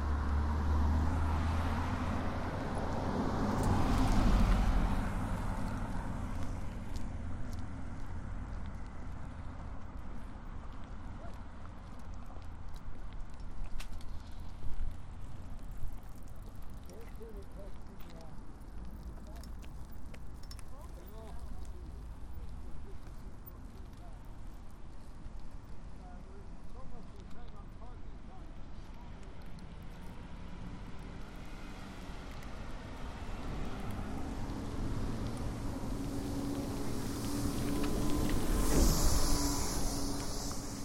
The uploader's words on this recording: Soundwalk: A walk through Marpole. The southern tip of Marpole is a gateway into the lower mainland and intersects important nodes of transportation by land, air and water.